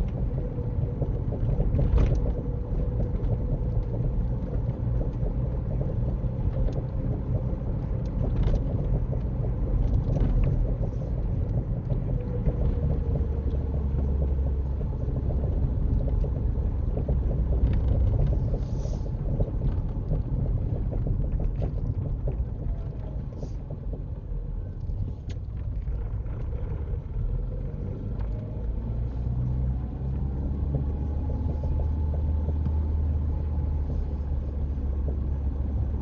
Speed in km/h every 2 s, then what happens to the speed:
42, 42, 45, 45, 44, 42, 37, 35, 34, 29, 23, 15, 11, 19, 23, 26, 26, 24.
0-7 steady at about 42. 7-23 slows to 11. 23-29 speeds up to 26. 29-36 steady at about 26.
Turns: 21-27.